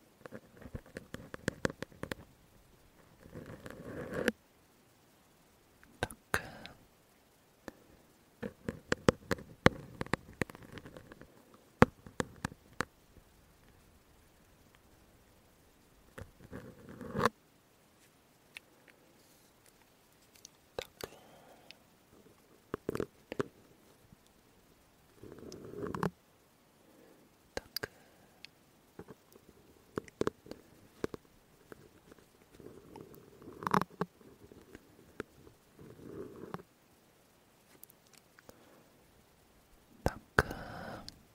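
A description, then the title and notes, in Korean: A syringe handled: short bursts of squeaky scraping and sharp plastic clicks come irregularly every few seconds, separated by near silence. 주사기 소리 열심히 담아봤어요.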